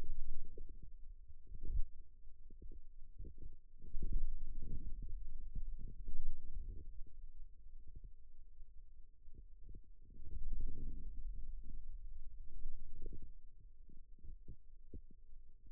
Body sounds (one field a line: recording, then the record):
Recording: forearm muscle sounds (acoustic myography)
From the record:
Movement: radial deviation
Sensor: system 2, bracelet of six BSWA MPA416 microphones around the upper forearm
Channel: 5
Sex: male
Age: 22 years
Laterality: right